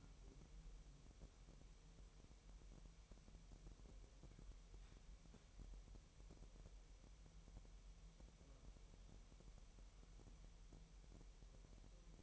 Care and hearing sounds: daily activity, microphone in the room; wipe stove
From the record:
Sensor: 1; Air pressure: 1000.8 hPa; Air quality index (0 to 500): 248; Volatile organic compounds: 146 ppm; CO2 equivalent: 4004 ppm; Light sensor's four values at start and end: 11/28/11/12 and 11/28/11/12

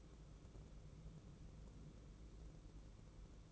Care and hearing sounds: daily activity, microphone in the room; take from stove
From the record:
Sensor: 1

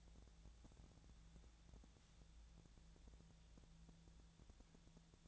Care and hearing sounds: daily activity, microphone in the room; wipe stove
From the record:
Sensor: 3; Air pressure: 1000.5 hPa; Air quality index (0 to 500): 181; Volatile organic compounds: 4 ppm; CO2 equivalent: 1566 ppm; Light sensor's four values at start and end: 12/29/12/13 and 12/29/12/13

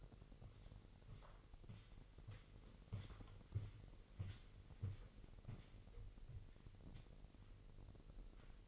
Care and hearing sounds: daily activity, microphone in the room; walk to room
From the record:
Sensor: 4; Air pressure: 1002.9 hPa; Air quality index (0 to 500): 249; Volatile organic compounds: 11 ppm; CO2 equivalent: 2267 ppm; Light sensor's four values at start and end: 11/26/10/10 and 10/24/9/9

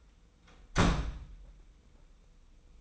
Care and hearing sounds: daily activity, microphone in the room; close door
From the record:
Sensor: 1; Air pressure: 990.4 hPa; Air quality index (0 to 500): 153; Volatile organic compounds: 1000 ppm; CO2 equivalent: 5562 ppm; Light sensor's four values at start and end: 33/75/33/35 and 33/76/33/35

